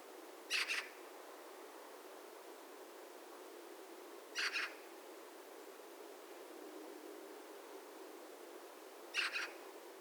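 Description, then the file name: Eurasian magpie uttering rough, grating double-pulsed chacks, one roughly every four seconds, three in all, against faint background noise. "Pica pica"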